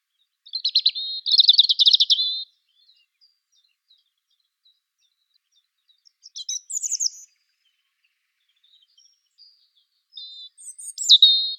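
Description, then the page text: European robin song: short bursts of high, fast trilled and warbled notes, a two-second phrase followed by pauses and two shorter sparkling phrases; no other sounds. "Птицы-целители - Зарянка (Erithacus rubecula)"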